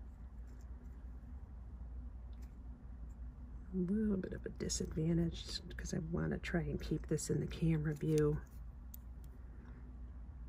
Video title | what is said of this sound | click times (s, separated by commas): Pea Pod Pendant by Flatwearable Artisan Jewelry | Okay, you can hear it's clicking, so it's not quite locked in there yet. | 8.9 s, 9.2 s